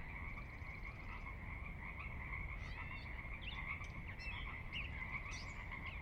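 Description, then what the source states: Pacific Chorus Frog chorus: many frogs croaking together in an unbroken wall of sound, several sharper notes standing out, over a low water rush. Recorded at midnight on the valley floor of Sinlahekin Valley, Sinlahekin Wildlife Area, Washington, near the Cascades; distant water spillage in background; unprocessed raw recording.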